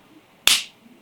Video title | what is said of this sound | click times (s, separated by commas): Bought DJI Mini 4K For ¥200! Opened It: Tampered + Gimbal Fault—Can I Fix It? | Release with a click | 0.5 s